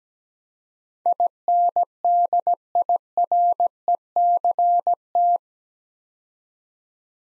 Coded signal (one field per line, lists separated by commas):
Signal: Morse code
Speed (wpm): 17 wpm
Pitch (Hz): 700 Hz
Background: none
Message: INDIRECT